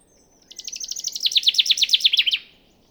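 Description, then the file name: Common chaffinch singing one bright phrase of quick notes that drop in pitch, ending in a short flourish. "Fringilla coelebs"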